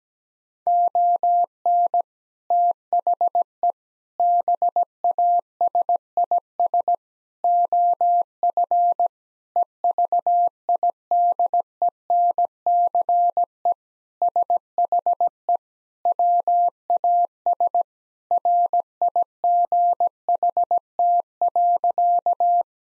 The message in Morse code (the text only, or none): ON THE BASIS OF EVIDENCE SHE WAS RIGHT.